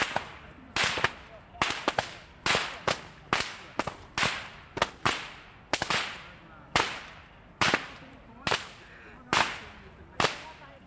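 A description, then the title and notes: Sharp whip cracks snap repeatedly in the open park, roughly every half second with a few brief pauses, echoing over a soft background murmur. Luxun Park in Shanghai is a gathering place for everyone in the nearby residential areas. Recorded with (2)DPA 4061 binaural, SD 302, and WM-6DC.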